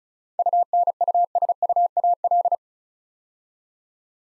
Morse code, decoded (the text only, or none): UNUSUAL